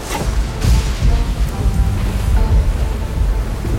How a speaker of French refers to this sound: Malgré la tempête qui fait rage, Cléopâtre a accepté, entre deux petits vomitos, de nous faire un résumé de la situation.